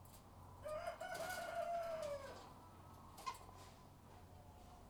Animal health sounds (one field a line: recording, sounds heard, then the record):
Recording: poultry house recording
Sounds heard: sick chickens (respiratory disease)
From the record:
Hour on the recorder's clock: 11